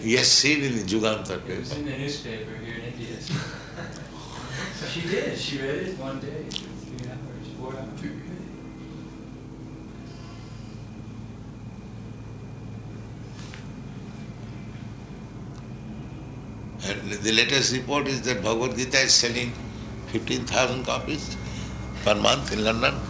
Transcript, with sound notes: He has seen in the Jugantor Press.
It was in the newspaper here in India. [laughter] She did! She read it one day for three hours, four hours.
You're kidding!
And the latest report is that Bhagavad-gītā is selling fifteen thousand copies per month in London?